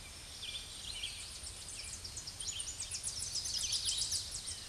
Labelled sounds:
Red-eyed Vireo song
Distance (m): 30 m
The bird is about 5 m above the microphone
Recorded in a Pennsylvania forest on 16 May 2024 at 07:14
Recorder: AudioMoth, point MSD-0665
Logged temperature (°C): 16.1 °C
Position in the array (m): 98 m, 98 m

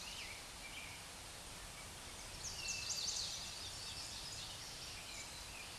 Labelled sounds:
Chestnut-sided Warbler song
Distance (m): 35 m
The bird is about 10 m above the microphone
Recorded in a Pennsylvania forest on 16 May 2024 at 06:25
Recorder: AudioMoth, point MSD-2142
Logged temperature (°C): 16.7 °C
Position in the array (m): 11 m, 18 m

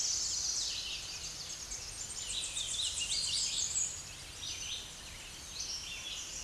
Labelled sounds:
Hooded Warbler song
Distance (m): 105 m
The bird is about 15 m above the microphone
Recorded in a Pennsylvania forest on 16 May 2024 at 06:56
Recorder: AudioMoth, point MSD-1293
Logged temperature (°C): 12.0 °C
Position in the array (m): -44 m, 175 m

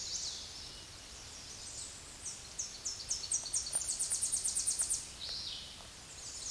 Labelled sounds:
Tennessee Warbler song
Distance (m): 20 m
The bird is about 5 m above the microphone
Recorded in a Pennsylvania forest on 16 May 2024 at 07:33
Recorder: AudioMoth, point MSD-2349
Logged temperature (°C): 15.8 °C
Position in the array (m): 70 m, 59 m

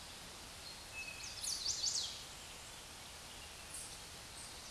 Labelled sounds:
Chestnut-sided Warbler song
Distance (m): 30 m
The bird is about 10 m above the microphone
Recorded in a Pennsylvania forest on 16 May 2024 at 09:40
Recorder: AudioMoth, point MSD-2142
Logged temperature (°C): 16.7 °C
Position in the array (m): 13 m, 29 m

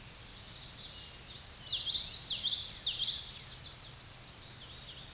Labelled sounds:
Common Yellowthroat song
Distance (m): 20 m
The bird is about 5 m above the microphone
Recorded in a Pennsylvania forest on 16 May 2024 at 07:33
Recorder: AudioMoth, point MSD-2320
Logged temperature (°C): 12.8 °C
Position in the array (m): 229 m, 182 m

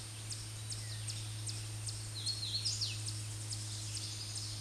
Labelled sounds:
Hooded Warbler song
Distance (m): 5 m
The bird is about 5 m above the microphone
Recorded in a Pennsylvania forest on 16 May 2024 at 07:56
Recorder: AudioMoth, point MSD-0398
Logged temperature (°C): 16.4 °C
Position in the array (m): 142 m, 88 m

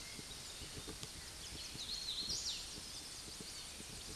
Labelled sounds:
Hooded Warbler song
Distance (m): 45 m
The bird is about 15 m above the microphone
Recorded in a Pennsylvania forest on 16 May 2024 at 09:56
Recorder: AudioMoth, point MSD-2257
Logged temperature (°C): 16.0 °C
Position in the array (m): 150 m, 147 m

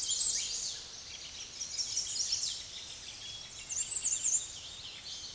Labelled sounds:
Chestnut-sided Warbler song
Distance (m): 15 m
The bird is about level with the microphone
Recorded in a Pennsylvania forest on 16 May 2024 at 06:29
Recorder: AudioMoth, point MSD-2074
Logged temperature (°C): 16.3 °C
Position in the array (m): 167 m, 220 m

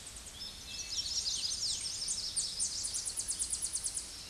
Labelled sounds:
Tennessee Warbler song
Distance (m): 30 m
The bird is about 5 m below the microphone
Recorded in a Pennsylvania forest on 16 May 2024 at 07:48
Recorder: AudioMoth, point MSD-0438
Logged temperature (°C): 14.5 °C
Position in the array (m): 82 m, 78 m

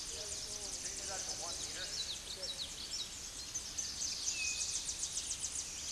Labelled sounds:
Tennessee Warbler song
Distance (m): 45 m
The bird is about level with the microphone
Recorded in a Pennsylvania forest on 16 May 2024 at 08:28
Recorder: AudioMoth, point MSD-0508
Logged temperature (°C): 15.5 °C
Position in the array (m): 76 m, 199 m

